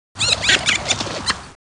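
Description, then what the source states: Ring-tailed lemur calls in a quick burst, starting with thin squeaky yips that run together into a harsher, rapid cackling chatter within about one and a half seconds. A yip-to-cackle transition.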